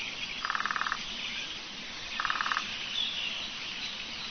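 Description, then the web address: Lesser spotted woodpecker calls: two short bursts of rapid, evenly pulsed notes about two seconds apart, over steady background hiss. "chants Pic epeichette"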